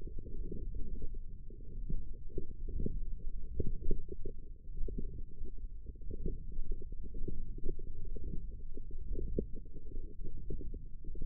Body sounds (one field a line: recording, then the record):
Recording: forearm muscle sounds (acoustic myography)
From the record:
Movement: wrist flexion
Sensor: system 1, eight BSWA MPA416 microphones around the upper forearm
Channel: 5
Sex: female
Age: 21 years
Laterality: right